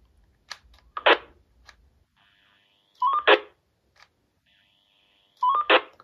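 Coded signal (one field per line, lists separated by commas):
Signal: roger beep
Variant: President classic roger beep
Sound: brief stepped electronic beep tones, each followed by a short burst of squelch hiss, repeated three times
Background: radio squelch noise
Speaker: dann probieren wir den ersten Ton mal aus klassisch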